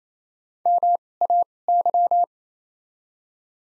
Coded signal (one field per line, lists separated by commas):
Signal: Morse code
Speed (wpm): 28 wpm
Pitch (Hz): 700 Hz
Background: none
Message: M A Y